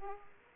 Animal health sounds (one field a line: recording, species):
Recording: mosquito wingbeat signal from an infrared sensor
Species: Aedes aegypti